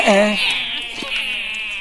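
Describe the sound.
Young animals whimper and cry in a thin, high-pitched, wavering whine that carries on steadily, opening with a brief lower, voiced cry.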